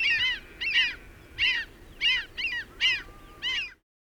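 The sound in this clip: Bird flock honking in a handful of spaced, raucous bursts, then the sound cuts off abruptly into silence.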